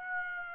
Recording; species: mosquito wingbeat signal from an infrared sensor; Aedes aegypti